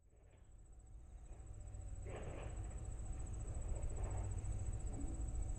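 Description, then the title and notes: Kawarasuzu ground cricket song, a thin, very high, continuous pulsing trill running steadily throughout, over heavy low rumble with a brief mechanical noise burst midway. Singing on railway track ballast, recorded from a station platform in Tsuruoka, Japan, 1 October 2020; normally lives on riverbeds; recorded with ZOOM F6 and Sennheiser MKH8020 microphone. "JR羽越本線 羽前大山駅にて。カワラスズ"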